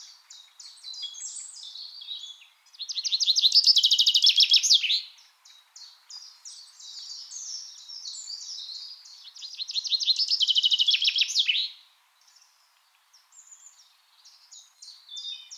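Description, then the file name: Common chaffinch song: two bright descending trills, each about two seconds, ending in a quick flourish, over a steady chorus of thin chirps from other small birds. "Fringilla coelebs"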